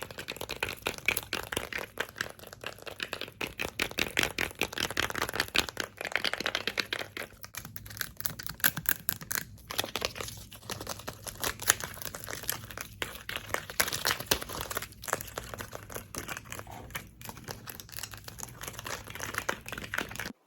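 Fast squishy and crinkly triggers tick along in dense, rapid bursts, a near-continuous run of sharp little crackles and taps. The pace shifts slightly, with brief pauses around 7.5, 9.5 and 15 seconds, while a faint low hum sits underneath throughout.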